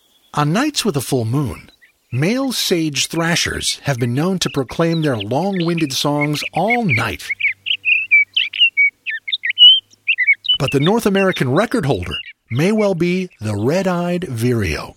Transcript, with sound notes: On nights with a full moon, male Sage Thrashers have been known to proclaim their long-winded songs all night. [Sage Thrasher song] But the North American record-holder may well be the Red-eyed Vireo.